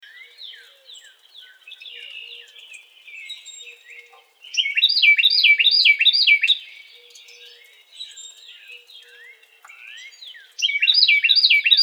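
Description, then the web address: Carolina wren singing loud rolling phrases repeated quickly, in two bursts, with softer chattering between them. Recorded 4 January 2007. "Carolina Wren 2007 01 04"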